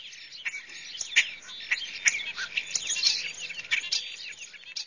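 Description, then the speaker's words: European starling giving a busy stream of harsh, scratchy chatters and clicks mixed with short whistled notes, irregular and continuous throughout. Calls described as harsh; very vocal, often heard before seen; introduced to North America in 1890. "Now we have the European starling, and how do you describe that sound? Kind of harsh to me."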